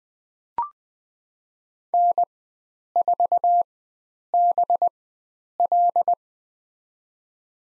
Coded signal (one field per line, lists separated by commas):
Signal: Morse code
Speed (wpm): 20 wpm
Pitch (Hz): 700 Hz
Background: none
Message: N4BL